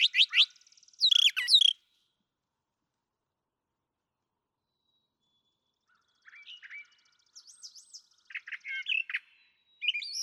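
Brown thrasher song: scratchy, chattering phrases and wavering whistled notes delivered in bursts, with a long quiet gap between sections; no other sounds.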